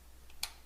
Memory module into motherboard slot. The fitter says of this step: 달까 들어갔네요 얘도 딸깍 들어갔고 그 다음이